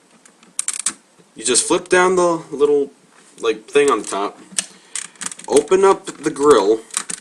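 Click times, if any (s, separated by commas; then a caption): none. A plastic section of a Power Rangers Turbo Megazord transforming robot toy is handled as a small part on top is flipped down and a grill is opened, with sharp plastic clicks and taps heard while someone talks. The section is being readied to extend out until it clicks into position, but nothing has seated or clicked yet.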